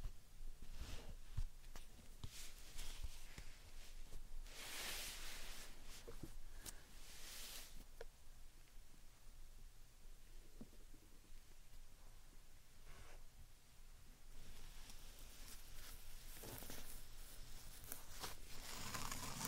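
Slime and sand being handled, with soft squishing, crackling and gritty rustles that come in irregular bursts. Brighter hissing swells rise around five, seven and fifteen to eighteen seconds, while low thumps and a quiet steady hum sit underneath throughout.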